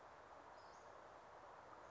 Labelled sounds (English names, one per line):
Western Flycatcher